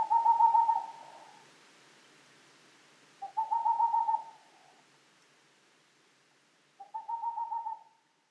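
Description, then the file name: Boreal Owl: three short trains of rapid, steady hoots, the last somewhat softer, separated by quiet gaps. Tokachi, 10 May 2003. "kinmefukuro tokachi hanada"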